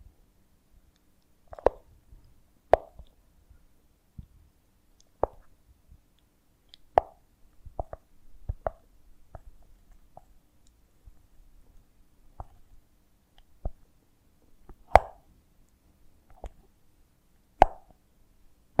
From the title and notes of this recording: ASMR of a Honeycomb on Branch (No Talking).